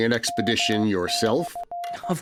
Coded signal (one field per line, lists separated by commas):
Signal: Morse code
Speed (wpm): 15 wpm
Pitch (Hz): 700 Hz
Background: speech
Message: M/